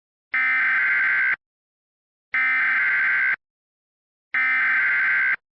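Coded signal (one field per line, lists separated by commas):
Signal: Emergency Alert System (SAME) tones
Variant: header bursts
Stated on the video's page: Recreation of a Wake Forest tornado EAS alert, using valid EAS tones.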